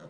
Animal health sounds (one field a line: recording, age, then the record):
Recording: pig call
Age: piglet (1 to 25 days)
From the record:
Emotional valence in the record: negative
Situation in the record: short isolation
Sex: female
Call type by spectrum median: low-frequency call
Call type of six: low-frequency stable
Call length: 0.10 s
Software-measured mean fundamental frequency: 50 Hz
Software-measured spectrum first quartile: 220 Hz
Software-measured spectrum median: 487 Hz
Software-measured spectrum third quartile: 813 Hz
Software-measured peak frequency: 533 Hz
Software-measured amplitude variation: 89 dB a second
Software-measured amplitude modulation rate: 10.4 a second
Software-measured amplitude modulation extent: 8.5 dB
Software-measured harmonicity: 0.8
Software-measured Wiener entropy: 0.04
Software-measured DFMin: 737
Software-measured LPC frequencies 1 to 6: 516, 1343, 3176, 3773, 5578, 6444 Hz